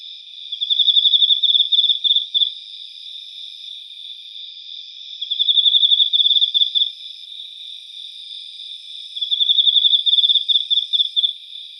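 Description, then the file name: Emma field cricket song in three separate bursts of quick pulsed trilling, each about two seconds long, over a steady fainter background trilling. "Teleogryllus emma"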